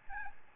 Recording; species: mosquito wingbeat signal from an infrared sensor; Aedes albopictus